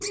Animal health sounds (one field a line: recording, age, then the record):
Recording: pig call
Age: weaner (32 to 43 days)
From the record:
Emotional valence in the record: negative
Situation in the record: long isolation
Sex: female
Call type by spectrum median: high-frequency call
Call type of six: high-frequency stable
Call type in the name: high-frequency stable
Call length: 0.10 s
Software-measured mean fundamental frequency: 103 Hz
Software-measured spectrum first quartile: 969 Hz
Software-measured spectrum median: 4419 Hz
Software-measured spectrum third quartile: 6878 Hz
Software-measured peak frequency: 407 Hz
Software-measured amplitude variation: 64 dB a second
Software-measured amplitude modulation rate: 14.2 a second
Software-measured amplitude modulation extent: 4.5 dB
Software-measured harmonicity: 4.1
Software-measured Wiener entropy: -2.56